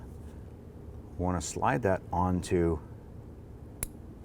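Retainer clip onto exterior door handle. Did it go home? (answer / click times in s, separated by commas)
yes / 3.8 s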